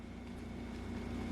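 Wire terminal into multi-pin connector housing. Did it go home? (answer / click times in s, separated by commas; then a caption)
no / none. A wire terminal is being pushed into a multi-pin connector housing. Only a steady low hum and broadband background noise are heard, with no sharp transients. Nothing has seated or clicked yet.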